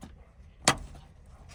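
After the fuel line is reconnected, a line or harness retaining clip is pressed into its mount in the engine bay. A single loud, sharp snap comes at 0.7 s over low background noise, and the clip is seated.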